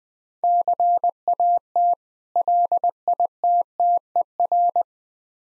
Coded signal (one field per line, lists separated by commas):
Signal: Morse code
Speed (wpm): 20 wpm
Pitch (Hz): 700 Hz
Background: none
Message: CAT LITTER